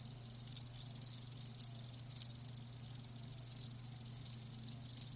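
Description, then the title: Crickets chirp softly, sparse high-pitched pulses spaced irregularly, set against a noisier background hiss and low hum. Crickets chirping, presented as lulling sleep sounds. "Live Crickets Chirping"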